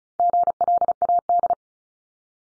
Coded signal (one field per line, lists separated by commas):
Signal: Morse code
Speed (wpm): 36 wpm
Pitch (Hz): 700 Hz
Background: none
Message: GLAD